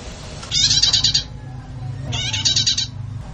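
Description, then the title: Bird song: two bursts of very rapid, high chattering notes, each lasting under a second, separated by a pause, over a low steady hum. Bird song used for tutoring (masteran). "Burung"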